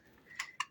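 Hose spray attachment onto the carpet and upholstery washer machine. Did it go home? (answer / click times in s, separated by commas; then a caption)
yes / 0.6 s. A hose spray attachment is set straight down onto its snap-fit mounting points on a Kiwi KCC-4323 carpet and upholstery washer. A faint tick at 0.4 s is followed by a sharp click at 0.6 s. The attachment is seated.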